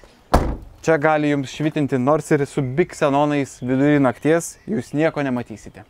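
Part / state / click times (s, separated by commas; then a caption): luggage compartment cover into its holding position in the car boot / seated / 0.3 s. A Volkswagen Up! (2012–2020) luggage compartment cover is moved into its holding position in the boot and locks into place with a single sharp thunk at 0.3 s. Someone then talks for the rest of the clip.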